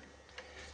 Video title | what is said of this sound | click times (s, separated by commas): ML 83354391 | Il faut penser à bien positionner au fond les connecteurs, introduire l'ensemble et aller jusqu'au clic du poussoir de sécurité. | 0.4 s